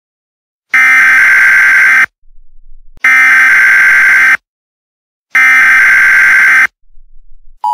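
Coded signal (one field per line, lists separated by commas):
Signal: Emergency Alert System (SAME) tones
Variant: header bursts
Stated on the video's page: Fictional EAS scenario, not a real alert.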